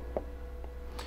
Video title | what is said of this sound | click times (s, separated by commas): KIP 660 wide format printer training with Eastern Engineering | you should feel it kind of click into place and that will hold the bottle into place and | 0.2 s